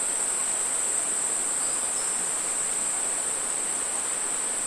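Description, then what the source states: Crickets singing, a continuous shrill high-pitched drone held steady throughout over a broad soft hiss like running water. Rainforest ambience with a distant creek.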